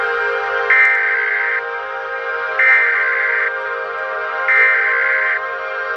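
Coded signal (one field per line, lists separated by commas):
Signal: Emergency Alert System (SAME) tones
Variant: header bursts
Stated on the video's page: Fictional EAS scenario.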